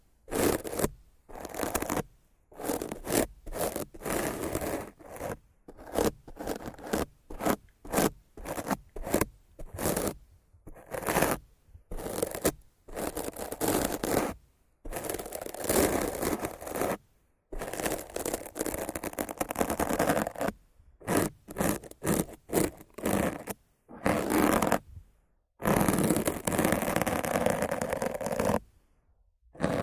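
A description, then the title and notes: Rough scratching and brushing against a microphone, in dense bursts of coarse, full-range noise broken by frequent short silences. The strokes come irregularly, some quick and choppy, others longer sweeps near 15, 20 and 26 seconds, with a scraping, zipper-like texture throughout. Rough Mic Scratching & Brushing (No Talking).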